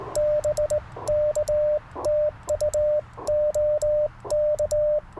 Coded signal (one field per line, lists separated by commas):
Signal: Morse code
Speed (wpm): 17 wpm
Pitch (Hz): 600 Hz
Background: radio noise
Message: BK TU OK